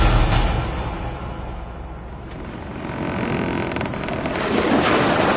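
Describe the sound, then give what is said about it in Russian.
Steady rushing of wind and sea water around a schooner on the open sea, with a low rumbling undertone that dips slightly midway and swells again toward the end; no voices. “Мы на шхуне в открытом море, словно ничего и не было.”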